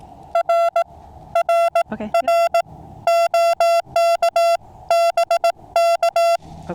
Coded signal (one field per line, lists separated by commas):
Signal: Morse code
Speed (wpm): 18 wpm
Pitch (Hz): 680 Hz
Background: music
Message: R R R OK BK